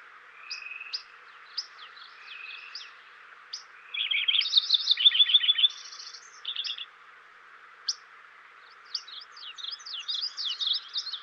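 Lincoln's Sparrow singing a hurried gurgling song of trills and buzzy notes, preceded and followed by scattered high chips.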